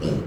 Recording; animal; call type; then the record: contact call of a hoofed animal; pig; closed-mouth grunt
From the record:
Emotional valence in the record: negative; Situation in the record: short social isolation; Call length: 0.27 s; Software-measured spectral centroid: 1670 Hz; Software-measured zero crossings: 820 a second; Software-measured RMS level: -24 dBFS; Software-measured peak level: -13 dBFS